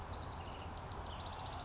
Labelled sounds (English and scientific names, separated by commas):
House Wren (Troglodytes aedon)